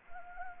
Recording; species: mosquito wingbeat signal from an infrared sensor; Anopheles arabiensis